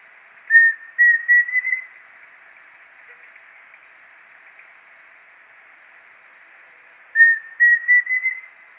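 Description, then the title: Pheasant cuckoo calling twice, each phrase one clean whistle then three brisk notes climbing slightly in pitch, separated by a long silent pause. "LuckyPassaro Completos2Sama. Pheasant Cuckoo (Dromococcyx phasianellus)"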